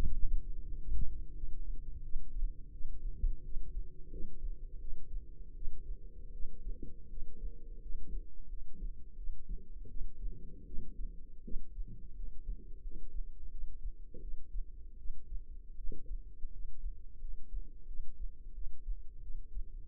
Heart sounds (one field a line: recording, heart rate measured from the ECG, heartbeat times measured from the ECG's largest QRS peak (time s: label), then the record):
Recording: heart sounds by microphone in the left ear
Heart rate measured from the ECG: 84 bpm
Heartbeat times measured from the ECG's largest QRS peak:
0.03 s: heartbeat
0.68 s: heartbeat
1.35 s: heartbeat
2.02 s: heartbeat
2.72 s: heartbeat
3.43 s: heartbeat
4.10 s: heartbeat
4.79 s: heartbeat
5.54 s: heartbeat
6.32 s: heartbeat
7.09 s: heartbeat
7.81 s: heartbeat
8.48 s: heartbeat
9.16 s: heartbeat
9.88 s: heartbeat
10.65 s: heartbeat
11.43 s: heartbeat
12.14 s: heartbeat
12.82 s: heartbeat
13.50 s: heartbeat
14.20 s: heartbeat
14.97 s: heartbeat
15.76 s: heartbeat
16.51 s: heartbeat
17.19 s: heartbeat
17.86 s: heartbeat
18.53 s: heartbeat
19.21 s: heartbeat
From the record:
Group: healthy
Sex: female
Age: 22 years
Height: 161 cm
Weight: 65.5 kg